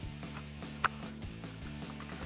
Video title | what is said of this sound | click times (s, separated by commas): 2013-2018 RAM 1500 Morimoto XB Projector LED Fog Lights Review & Install | go ahead and slide it over each post on the side here, and it should pop into place very similar to the factory. | 0.9 s